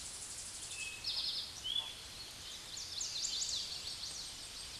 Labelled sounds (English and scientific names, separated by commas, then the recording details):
Eastern Towhee (Pipilo erythrophthalmus) song
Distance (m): 35 m
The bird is about 30 m above the microphone
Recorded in a Pennsylvania forest on 16 May 2024 at 08:52
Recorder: AudioMoth, point MSD-2131
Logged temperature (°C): 14.8 °C
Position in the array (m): 58 m, 14 m